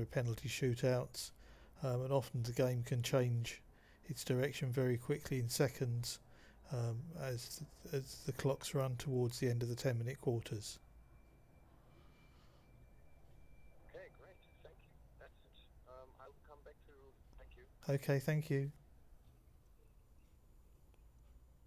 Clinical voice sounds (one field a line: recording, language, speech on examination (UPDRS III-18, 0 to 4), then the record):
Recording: conversation on a phone call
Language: English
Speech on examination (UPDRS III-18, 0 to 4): 0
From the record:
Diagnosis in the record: Parkinson's disease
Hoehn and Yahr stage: 2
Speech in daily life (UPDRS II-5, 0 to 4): 0